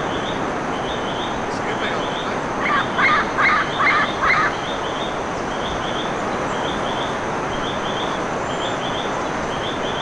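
Bird calls: a short burst of four rough, honking notes in the middle. Faint, thin high chirps repeat throughout over steady background hiss.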